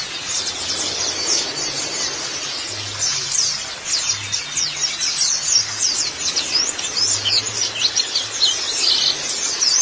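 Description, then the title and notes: White-eye song: high, thin twittering notes tumbling rapidly and continuously over a hissy background, with faint low hums now and then. Pleci (white-eye) chirping song. "Suara kicauan burung pleci"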